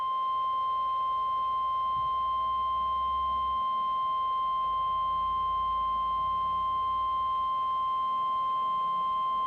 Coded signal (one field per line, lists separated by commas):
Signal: Emergency Alert System (SAME) tones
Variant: 1050 Hz attention tone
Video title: XLF322 Severe Thunderstorm Watch and Warning (DOUBLE HEADER) (EAS #34-#35)